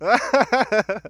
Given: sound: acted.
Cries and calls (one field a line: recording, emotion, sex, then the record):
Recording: nonverbal affect burst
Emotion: happiness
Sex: male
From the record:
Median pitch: 217 Hz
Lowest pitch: 146 Hz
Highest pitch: 280 Hz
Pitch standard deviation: 34 Hz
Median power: 67.6 dB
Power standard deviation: 12.5 dB